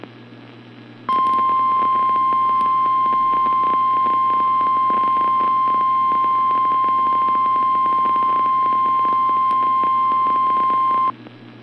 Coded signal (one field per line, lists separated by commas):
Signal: Emergency Alert System (SAME) tones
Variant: 1050 Hz attention tone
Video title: Real EAS #322 - SVA